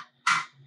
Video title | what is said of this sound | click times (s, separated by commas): OpenBuilds MiniMill Build | should hear a lock into place and once you have it locked into place press | 0.3 s